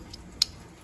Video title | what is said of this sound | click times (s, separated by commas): 7.3 injector cup removal and instal | You kind of hear it click, | 0.4 s